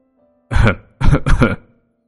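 A man coughs three times in quick succession, loud, gruff, throaty bursts with no talking, the last two nearly running together.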